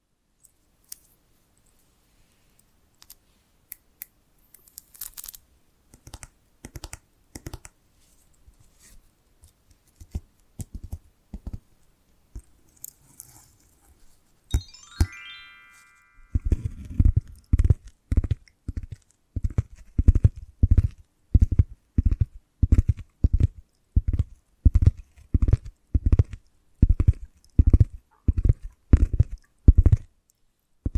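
Invisible tapping, scratching and tracing: the first half holds sparse, light taps with brief scratchy bursts near five and thirteen seconds. A short squeaky tracing sound comes around fifteen seconds, then firm, low, evenly paced taps repeat about twice a second to the end.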